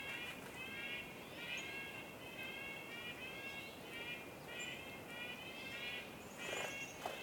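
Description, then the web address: Crow calling, harsh harmonic caws repeated in bursts throughout, with a few thin high bird chirps and a steady hiss behind. Morning crow calls echoing in a winter forest with various birds chirping, North Laurentian Woods, Canada. "WINTER Forest morning crow calls echoing and various birds chirps, North Laurentian Woods, Canada. Articulated Sounds - Winter Forest Ambience"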